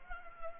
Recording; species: mosquito wingbeat signal from an infrared sensor; Culex pipiens